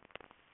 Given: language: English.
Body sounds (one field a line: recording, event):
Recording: throat vibration sensor signal played as sound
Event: swallow